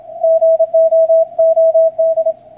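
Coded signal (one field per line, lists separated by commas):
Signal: Morse code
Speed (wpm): 26 wpm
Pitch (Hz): 650 Hz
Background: none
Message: GOOD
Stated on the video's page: CW from an IC-7300 played through a PVC elbow sound tube, whose inserted pipe sets the resonant frequency.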